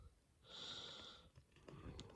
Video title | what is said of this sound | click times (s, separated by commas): TRANSFORMERS DECEPTICON LEADER G1 TRIO | There, just bring it down, it'll click into place, kind of. | 2.0 s